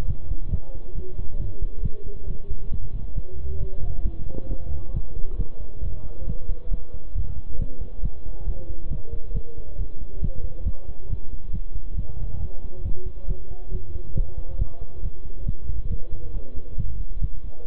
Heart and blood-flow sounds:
heart sounds by stethoscope; between the tricuspid and mitral areas; 137 bpm
0.08 s: heartbeat
0.51 s: heartbeat
0.95 s: heartbeat
1.39 s: heartbeat
1.83 s: heartbeat
2.27 s: heartbeat
2.72 s: heartbeat
3.16 s: heartbeat
3.61 s: heartbeat
4.05 s: heartbeat
4.50 s: heartbeat
4.94 s: heartbeat
5.39 s: heartbeat
5.83 s: heartbeat
6.27 s: heartbeat
6.71 s: heartbeat
7.15 s: heartbeat
7.59 s: heartbeat
8.03 s: heartbeat
8.47 s: heartbeat
8.91 s: heartbeat
9.35 s: heartbeat
9.79 s: heartbeat
10.22 s: heartbeat
10.66 s: heartbeat
11.10 s: heartbeat
11.53 s: heartbeat
11.97 s: heartbeat
12.41 s: heartbeat
12.85 s: heartbeat
13.28 s: heartbeat
13.72 s: heartbeat
14.15 s: heartbeat
14.59 s: heartbeat
15.03 s: heartbeat
15.46 s: heartbeat
15.90 s: heartbeat
16.34 s: heartbeat
16.78 s: heartbeat
17.22 s: heartbeat
17.66 s: heartbeat
From the record:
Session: bicycle stress test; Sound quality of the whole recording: good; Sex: male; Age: 23 years

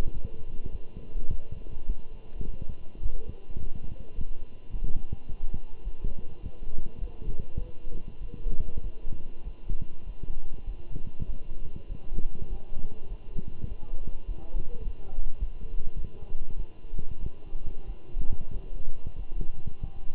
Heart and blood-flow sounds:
heart sounds by stethoscope; between the tricuspid and mitral areas; 101 bpm
0.14 s: heartbeat
0.72 s: heartbeat
1.30 s: heartbeat
1.88 s: heartbeat
2.45 s: heartbeat
3.02 s: heartbeat
3.58 s: heartbeat
4.15 s: heartbeat
4.72 s: heartbeat
5.28 s: heartbeat
5.84 s: heartbeat
6.42 s: heartbeat
7.00 s: heartbeat
7.59 s: heartbeat
8.21 s: heartbeat
8.83 s: heartbeat
9.44 s: heartbeat
10.06 s: heartbeat
10.66 s: heartbeat
11.26 s: heartbeat
11.88 s: heartbeat
12.49 s: heartbeat
13.09 s: heartbeat
13.69 s: heartbeat
14.27 s: heartbeat
14.84 s: heartbeat
15.39 s: heartbeat
15.96 s: heartbeat
16.57 s: heartbeat
17.20 s: heartbeat
17.87 s: heartbeat
18.53 s: heartbeat
19.17 s: heartbeat
19.81 s: heartbeat
From the record:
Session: walking at 3.7 km/h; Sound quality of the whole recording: good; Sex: male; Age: 24 years

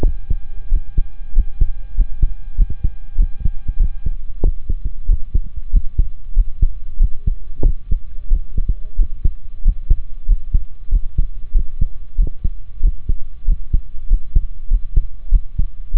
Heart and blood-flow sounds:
heart sounds by stethoscope; between the tricuspid and mitral areas; 94 bpm
0.03 s: heartbeat
0.71 s: heartbeat
1.35 s: heartbeat
1.97 s: heartbeat
2.57 s: heartbeat
3.18 s: heartbeat
3.79 s: heartbeat
4.43 s: heartbeat
5.08 s: heartbeat
5.72 s: heartbeat
6.35 s: heartbeat
6.99 s: heartbeat
7.64 s: heartbeat
8.30 s: heartbeat
8.98 s: heartbeat
9.64 s: heartbeat
10.28 s: heartbeat
10.91 s: heartbeat
11.54 s: heartbeat
12.17 s: heartbeat
12.82 s: heartbeat
13.47 s: heartbeat
14.09 s: heartbeat
14.70 s: heartbeat
15.31 s: heartbeat
15.93 s: heartbeat
From the record:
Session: rest, sitting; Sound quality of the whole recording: good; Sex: male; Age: 28 years

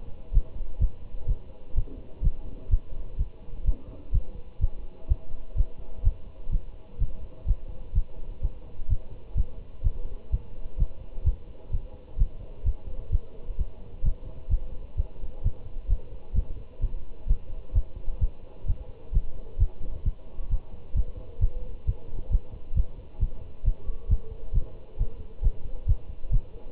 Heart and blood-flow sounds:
heart sounds by stethoscope; between the tricuspid and mitral areas; 129 bpm
0.34 s: heartbeat
0.81 s: heartbeat
1.28 s: heartbeat
1.76 s: heartbeat
2.24 s: heartbeat
2.71 s: heartbeat
3.19 s: heartbeat
3.67 s: heartbeat
4.14 s: heartbeat
4.62 s: heartbeat
5.10 s: heartbeat
5.58 s: heartbeat
6.05 s: heartbeat
6.52 s: heartbeat
7.00 s: heartbeat
7.48 s: heartbeat
7.95 s: heartbeat
8.43 s: heartbeat
8.90 s: heartbeat
9.37 s: heartbeat
9.84 s: heartbeat
10.32 s: heartbeat
10.79 s: heartbeat
11.26 s: heartbeat
11.73 s: heartbeat
12.19 s: heartbeat
12.66 s: heartbeat
13.12 s: heartbeat
13.59 s: heartbeat
14.05 s: heartbeat
14.51 s: heartbeat
14.98 s: heartbeat
15.44 s: heartbeat
15.90 s: heartbeat
16.35 s: heartbeat
16.82 s: heartbeat
17.29 s: heartbeat
17.75 s: heartbeat
18.22 s: heartbeat
18.68 s: heartbeat
19.14 s: heartbeat
19.60 s: heartbeat
20.06 s: heartbeat
20.51 s: heartbeat
20.96 s: heartbeat
21.42 s: heartbeat
21.87 s: heartbeat
22.32 s: heartbeat
22.76 s: heartbeat
23.21 s: heartbeat
23.66 s: heartbeat
24.10 s: heartbeat
24.55 s: heartbeat
24.99 s: heartbeat
25.44 s: heartbeat
25.88 s: heartbeat
26.33 s: heartbeat
From the record:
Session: Bruce protocol treadmill stress test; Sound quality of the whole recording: good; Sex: male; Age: 25 years

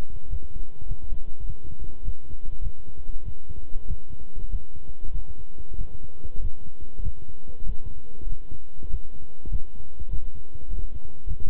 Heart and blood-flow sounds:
heart sounds by stethoscope; between the tricuspid and mitral areas; 98 bpm
0.28 s: heartbeat
0.86 s: heartbeat
1.44 s: heartbeat
2.03 s: heartbeat
2.61 s: heartbeat
3.23 s: heartbeat
3.85 s: heartbeat
4.49 s: heartbeat
5.11 s: heartbeat
5.76 s: heartbeat
6.40 s: heartbeat
7.02 s: heartbeat
7.64 s: heartbeat
8.27 s: heartbeat
8.89 s: heartbeat
9.49 s: heartbeat
10.09 s: heartbeat
10.68 s: heartbeat
11.26 s: heartbeat
From the record:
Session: walking at 3.7 km/h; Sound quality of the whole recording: good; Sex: male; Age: 26 years

